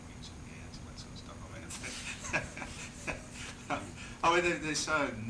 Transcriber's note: laughs